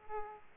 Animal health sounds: mosquito wingbeat signal from an infrared sensor; Aedes aegypti

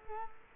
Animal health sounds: mosquito wingbeat signal from an infrared sensor; Culex quinquefasciatus

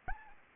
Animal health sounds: mosquito wingbeat signal from an infrared sensor; Anopheles arabiensis

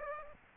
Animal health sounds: mosquito wingbeat signal from an infrared sensor; Aedes aegypti

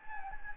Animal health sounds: mosquito wingbeat signal from an infrared sensor; Anopheles gambiae

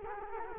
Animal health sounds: mosquito wingbeat signal from an infrared sensor; Culex quinquefasciatus

